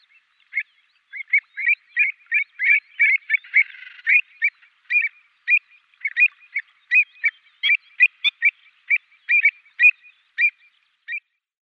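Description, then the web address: Avocet giving a long series of short, clear piping notes, irregularly spaced several per second, with a brief harsher burst early on. "Schulze Peter Avocet"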